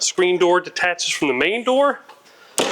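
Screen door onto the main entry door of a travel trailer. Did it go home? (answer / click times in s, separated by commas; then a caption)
yes / 2.6 s. Someone talks, and then the detachable screen door of a 2025 Airstream Caravel 16RB travel trailer is rejoined to the main entry door. A sharp snap is heard at 2.6 s as the screen door snaps into place on the main door.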